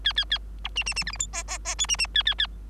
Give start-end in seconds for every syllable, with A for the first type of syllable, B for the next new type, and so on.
0.04-0.13 A, 0.16-0.25 A, 0.30-0.38 A, 0.64-0.69 B, 0.75-0.84 C, 0.86-0.94 C, 0.96-1.04 C, 1.06-1.12 D, 1.12-1.18 E, 1.19-1.27 F, 1.33-1.43 G, 1.47-1.58 G, 1.65-1.75 G, 1.78-1.87 H, 1.88-1.96 C, 1.98-2.07 C, 2.14-2.23 A, 2.25-2.35 A, 2.38-2.47 A